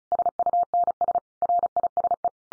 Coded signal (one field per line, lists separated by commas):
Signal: Morse code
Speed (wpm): 34 wpm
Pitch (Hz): 700 Hz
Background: none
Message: SUNS RISE